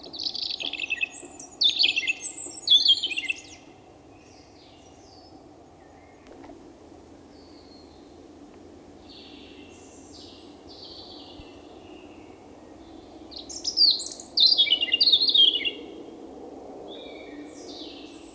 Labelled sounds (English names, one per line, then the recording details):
European Robin song
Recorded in the wild
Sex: male
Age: adult
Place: Breitenbach, Baden-Württemberg, DE
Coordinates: 49.0417, 10.2128
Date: 1971-04-30
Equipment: Uher Report 4200, Scotch-Classic 19cm, AKG D190C in Doppelparabolreflektoren
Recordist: Krey, Winfried